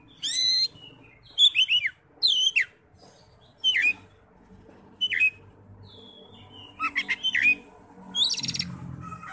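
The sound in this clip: Oriental magpie-robin giving sharp whistled and downslurred notes in spaced phrases, ending with a harsh scratchy burst, over a faint low rumbling background.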